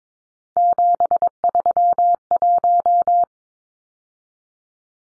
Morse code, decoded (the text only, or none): 731